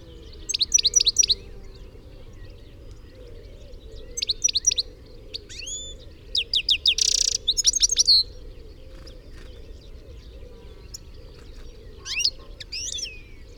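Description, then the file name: European goldfinch giving bursts of bright, rapid twittering calls high in pitch, with pauses between groups and a low steady background hum. "Carduelis carduelis"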